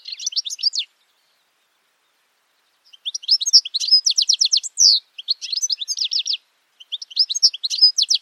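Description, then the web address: Bird song of rapid, high chirping trills in short bursts, a pause of about two seconds, then longer runs of quick repeated notes. "Deverinetal. Bird Only"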